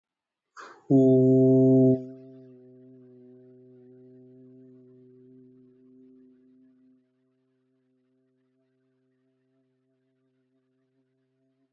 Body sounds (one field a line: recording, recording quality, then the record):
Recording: sustained vowel as in boot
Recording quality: excellent, no background noise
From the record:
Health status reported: healthy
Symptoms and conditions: none ticked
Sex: male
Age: 24 years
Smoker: not ticked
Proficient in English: yes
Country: India